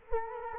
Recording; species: mosquito wingbeat signal from an infrared sensor; Culex quinquefasciatus